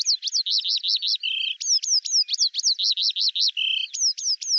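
Eurasian skylark singing a rapid, repeated phrase: a vibrating trill, a short buzz, then sharp descending notes, heard twice in succession.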